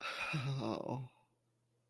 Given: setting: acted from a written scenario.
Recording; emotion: vocal sound without words; guilt